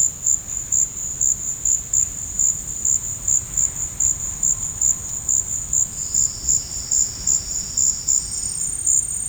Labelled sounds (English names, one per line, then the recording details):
none
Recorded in secondary vegetation near Puerto Asís, Putumayo, Colombia, on 8 March 2025 at 15:00
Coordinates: 0.502, -76.326
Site G100